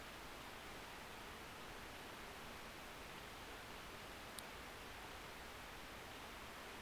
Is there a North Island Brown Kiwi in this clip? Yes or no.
no